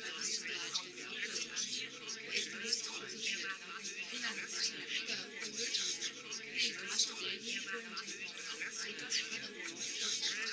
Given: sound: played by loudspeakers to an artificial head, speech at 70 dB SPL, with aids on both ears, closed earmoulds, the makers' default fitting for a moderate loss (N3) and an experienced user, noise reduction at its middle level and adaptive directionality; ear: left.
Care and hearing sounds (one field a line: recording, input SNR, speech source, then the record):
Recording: speech test signal (ISTS) in cocktail-party noise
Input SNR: -6 dB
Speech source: on the right (90 degrees)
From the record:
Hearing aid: class 1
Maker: H